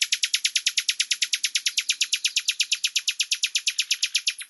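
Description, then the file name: Common nightingale song: an intense, rapid, unbroken rattle of identical broad notes throughout. "Luscinia megarhynchos"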